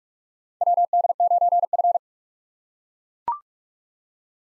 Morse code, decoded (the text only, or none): WD9F